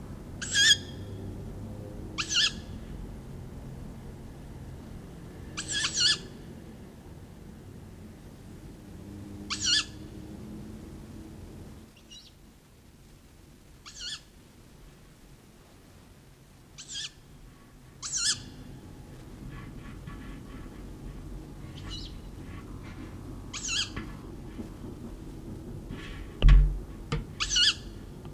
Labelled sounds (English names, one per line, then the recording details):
Tawny Owl call
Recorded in the wild
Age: juvenile
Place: Blankenburg/Harz, Harz, Sachsen-Anhalt, DE
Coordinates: 51.7917, 10.9633
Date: 1971-07-15
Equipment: Uher 4200 Report-S, Tesla Verstärker, Sennheiser MD 421
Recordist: Tembrock, Günter